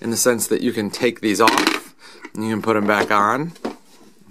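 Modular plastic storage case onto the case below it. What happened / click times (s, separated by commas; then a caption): A plastic case is handled but has not yet locked onto the one below / none. A modular plastic Tanos Systainer tool storage case is handled as it is taken off and put back on top of the case below it, while someone talks throughout. No distinct impact stands out over the voice. Nothing has seated or clicked yet: the case is not locked into place by the end.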